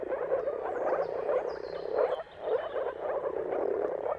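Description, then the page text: Many moor frogs calling together, quick soft bubbling notes in clusters, with faint bird calls. Mating chorus of moor frogs at sunrise, at the turn of March and April depending on the weather. "Jakub-Orzecki moor frogs. Dawn’s Chorus: Mating Calls of Marsh Frogs at Sunrise. Depending on the weather at the turn of March and April, you can witness an amazing spectacle of moor frogs"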